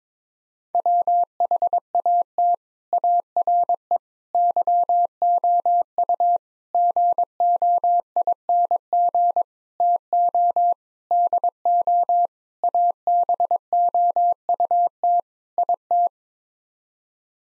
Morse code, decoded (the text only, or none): WHAT ARE YOU GOING TO DO ABOUT IT